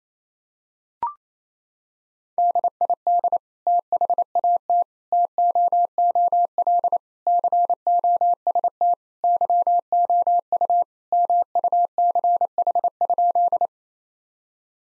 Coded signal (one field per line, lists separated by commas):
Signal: Morse code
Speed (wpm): 28 wpm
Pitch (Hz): 700 Hz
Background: none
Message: DID THAT TOOL COST YOU MUCH?